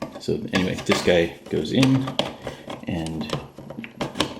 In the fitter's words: line up those ports and then it locks in place